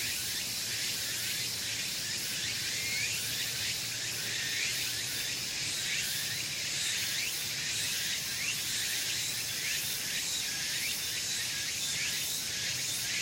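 Meimuna opalifera cicada song: dense high hiss with repeated rising strokes, continuing steadily with no pause.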